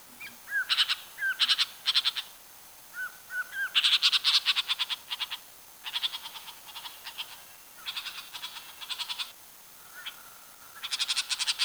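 Bird calls: bursts of buzzy, rattling high notes repeated in short series, mixed with brief whistled chirps at lower pitch, with short gaps between groups.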